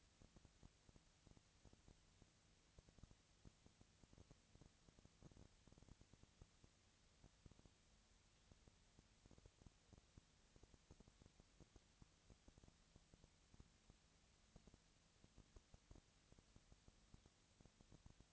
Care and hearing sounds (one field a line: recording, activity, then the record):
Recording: daily activity, microphone in the room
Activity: no activity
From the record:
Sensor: 3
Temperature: 20.4 degrees Celsius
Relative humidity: 34.4%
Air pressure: 997.0 hPa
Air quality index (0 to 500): 205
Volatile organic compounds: 68 ppm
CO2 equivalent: 3503 ppm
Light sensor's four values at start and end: 2/3/2/2 and 2/3/2/2